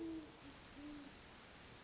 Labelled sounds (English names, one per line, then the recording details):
Great Horned Owl
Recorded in Sonoma County, California